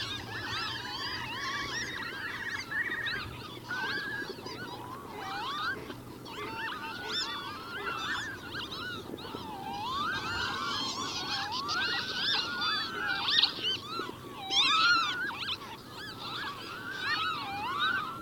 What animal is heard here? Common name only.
Northern Lapwing